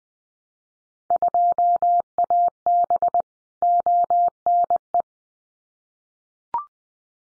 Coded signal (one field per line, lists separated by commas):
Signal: Morse code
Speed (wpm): 20 wpm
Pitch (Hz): 700 Hz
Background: none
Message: 2AB ONE